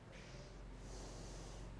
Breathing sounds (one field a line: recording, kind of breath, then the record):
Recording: one breath in and out by a microphone near the nose and mouth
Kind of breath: normal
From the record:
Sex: female